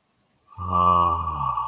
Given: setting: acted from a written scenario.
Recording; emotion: vocal sound without words; contentment